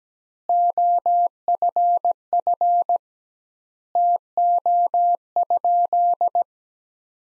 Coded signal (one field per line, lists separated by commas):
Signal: Morse code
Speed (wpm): 17 wpm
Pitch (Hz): 700 Hz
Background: none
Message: OFF TO?